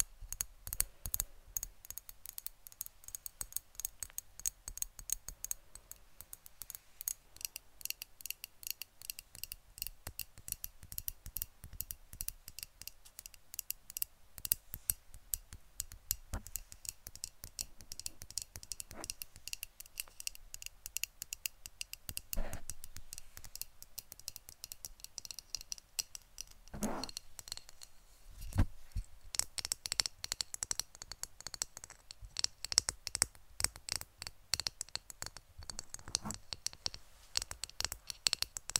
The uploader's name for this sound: ASMR Best Tapping